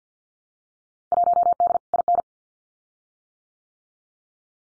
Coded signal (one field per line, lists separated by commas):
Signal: Morse code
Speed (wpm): 50 wpm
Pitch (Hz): 700 Hz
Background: none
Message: 1D IN